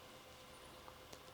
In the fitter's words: you can see it just goes in with a nice click and then